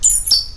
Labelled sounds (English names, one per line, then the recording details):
Stitchbird song
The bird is a male
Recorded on Tiritiri Matangi Island, New Zealand, in 2005
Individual 20, of nest box 28